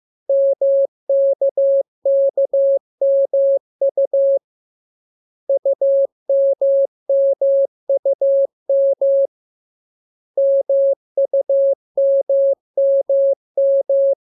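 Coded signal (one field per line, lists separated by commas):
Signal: Morse code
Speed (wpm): 15 wpm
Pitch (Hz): 550 Hz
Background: none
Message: MKKMU UMMUM MUMMM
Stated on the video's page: Morse code lesson two teaching letters K, M and U; each transmission opens with VVV and a section sign and ends with AR.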